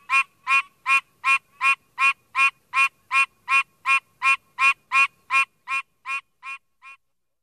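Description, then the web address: Pine Barrens treefrog calling a steady series of nasal, honking quonks, about two to three per second, fading over the last few notes. "Frog Calls Hyla andersonii - Pine Barrens Treefrog"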